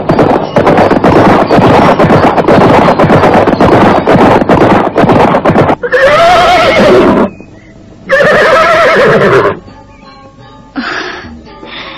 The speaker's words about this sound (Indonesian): Nampak dua ekor kuda berlari berkejaran membelah padang.